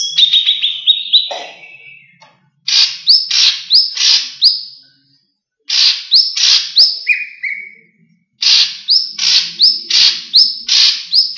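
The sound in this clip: Leafbird song: lively phrases of raspy notes paired with rising whistles, in four bursts separated by short silences, with a brief lower whistle in one phrase.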